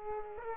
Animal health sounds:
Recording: mosquito wingbeat signal from an infrared sensor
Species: Aedes aegypti

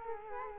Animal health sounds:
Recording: mosquito wingbeat signal from an infrared sensor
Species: Culex quinquefasciatus

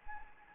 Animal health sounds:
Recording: mosquito wingbeat signal from an infrared sensor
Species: Anopheles arabiensis

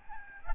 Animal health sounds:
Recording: mosquito wingbeat signal from an infrared sensor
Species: Aedes albopictus

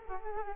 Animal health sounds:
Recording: mosquito wingbeat signal from an infrared sensor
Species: Aedes aegypti

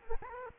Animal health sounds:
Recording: mosquito wingbeat signal from an infrared sensor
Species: Culex quinquefasciatus

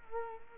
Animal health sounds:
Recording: mosquito wingbeat signal from an infrared sensor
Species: Culex quinquefasciatus

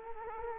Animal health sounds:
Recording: mosquito wingbeat signal from an infrared sensor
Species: Culex quinquefasciatus

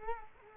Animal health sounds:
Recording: mosquito wingbeat signal from an infrared sensor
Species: Culex quinquefasciatus

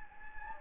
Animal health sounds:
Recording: mosquito wingbeat signal from an infrared sensor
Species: Anopheles gambiae

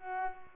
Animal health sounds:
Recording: mosquito wingbeat signal from an infrared sensor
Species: Culex pipiens

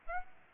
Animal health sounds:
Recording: mosquito wingbeat signal from an infrared sensor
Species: Aedes aegypti

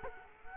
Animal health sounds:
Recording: mosquito wingbeat signal from an infrared sensor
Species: Culex quinquefasciatus

